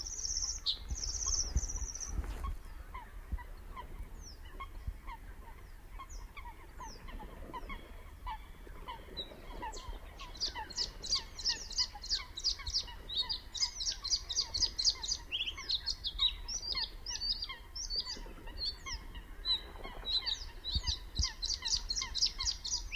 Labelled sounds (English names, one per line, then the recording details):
Bluethroat song
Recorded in the wild
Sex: male
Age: adult
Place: Kützerhof, Kummerower See, Mecklenburg-Vorpommern, DE
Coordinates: 53.8411, 12.8756
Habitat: wetland
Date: 2010-04-13 20:14
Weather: cloudy, ca. 10°C, weak northerly winds
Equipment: Sound Devices 702, Sennheiser MKH 70, Rycote Windschutz
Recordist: Frommolt, Karl-Heinz